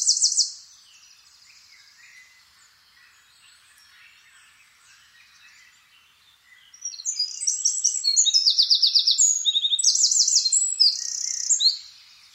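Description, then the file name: Eurasian wren song: a short high trill at the start, several seconds of faint twittering, then a loud run of rapid rattling trills. "Troglodytes troglodytes"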